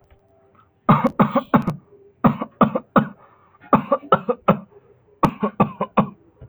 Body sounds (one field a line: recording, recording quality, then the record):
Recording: shallow voluntary cough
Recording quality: excellent, no background noise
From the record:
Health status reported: healthy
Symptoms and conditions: none ticked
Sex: male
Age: 18 years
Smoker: not ticked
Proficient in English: yes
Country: India